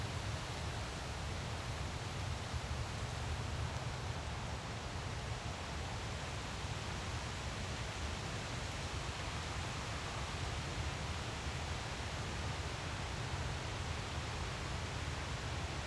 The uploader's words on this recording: Relaxing Wind Sounds for Sleeping or Stress Relief. Nature White Noise.